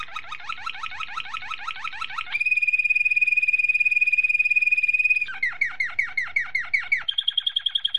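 Domestic canary song opening with rapid rolling slurred trills, breaking into a long pure steady whistle, then quick downslurred notes and a high rapid trill.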